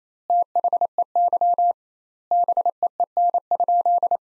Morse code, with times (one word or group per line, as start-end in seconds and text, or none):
0.3-1.7 THEY
2.3-4.2 BEEN?